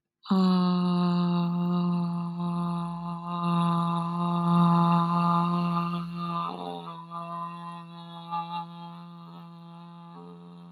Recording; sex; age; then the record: vowel held as long as possible; female; 20 to 29 years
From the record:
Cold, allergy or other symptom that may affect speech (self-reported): no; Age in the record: 21 years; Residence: Florida, United States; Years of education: 16